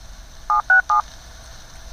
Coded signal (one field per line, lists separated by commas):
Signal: DTMF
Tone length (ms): 120 ms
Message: 767